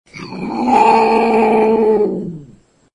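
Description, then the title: Cat giving one long, drawn-out, low moaning meow lasting over two seconds, with a steady tone that slowly falls and fades at the end. Pet cat. "kucingku"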